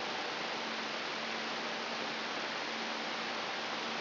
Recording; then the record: brain microelectrode recording played as sound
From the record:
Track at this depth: inside the subthalamic nucleus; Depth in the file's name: 7.131 mm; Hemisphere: right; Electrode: 3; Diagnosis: Parkinson's disease